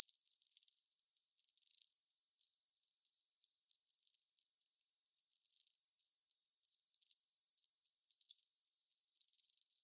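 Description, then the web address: Goldcrest calls: thin, very high-pitched 'zee' notes scattered through, then a busier run of high twittering notes near the end. "regulus regulus call"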